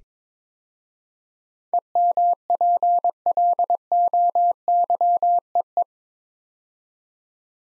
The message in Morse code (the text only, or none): EMPLOYEE